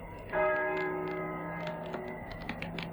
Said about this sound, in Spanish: ¿Oyes? Las campanas doblan. La oración ha sonado en San Juan del Duero.